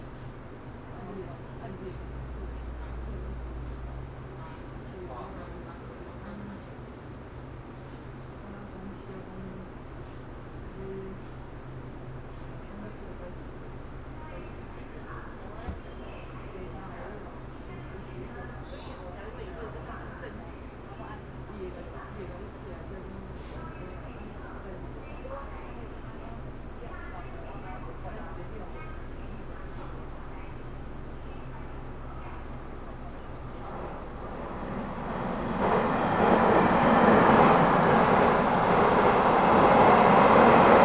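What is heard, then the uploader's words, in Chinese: A regional express train runs between Nangang and Qidu with a steady low rumble and murmuring voices, then grows much louder near 35 seconds. 2042區間快車 南港-七堵。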